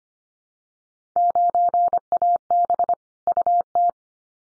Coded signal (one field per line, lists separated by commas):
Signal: Morse code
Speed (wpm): 25 wpm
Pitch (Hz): 700 Hz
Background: none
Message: 9AB UT